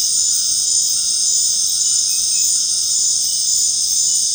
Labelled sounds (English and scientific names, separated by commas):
none